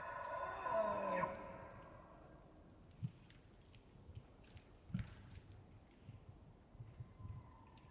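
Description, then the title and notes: Elk bugle, a high harmonic whistle ending about a second in, followed by scattered low knocks and clicks. Bull elk aggressive challenges with distant antler clashing, rutting season, Colockum Wildlife Area, Washington, high plateau with pine stands, morning of September 18 from pre-dawn, males vocal. "Elk Bull Aggressive Challenges With Distant Antler Clashing. morning of September 18, starting pre-dawn. It was rutting season in the Colockum Wildlife area"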